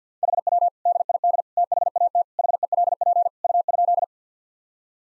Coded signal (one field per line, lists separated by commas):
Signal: Morse code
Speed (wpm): 49 wpm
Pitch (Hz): 700 Hz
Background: none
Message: HW DID THAT HELP U?